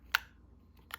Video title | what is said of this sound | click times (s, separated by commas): Galaxy buds 2 unboxing. Whats inside ? | magnetized here you can kind of hear it snap in | 0.2 s